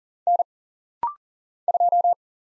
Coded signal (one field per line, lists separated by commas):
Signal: Morse code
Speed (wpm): 40 wpm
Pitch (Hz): 700 Hz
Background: none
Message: N 2